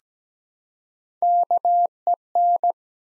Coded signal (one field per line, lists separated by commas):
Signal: Morse code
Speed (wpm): 17 wpm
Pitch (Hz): 700 Hz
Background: none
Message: KEN